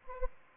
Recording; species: mosquito wingbeat signal from an infrared sensor; Anopheles arabiensis